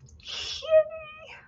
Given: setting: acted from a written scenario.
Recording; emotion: vocal sound without words; elation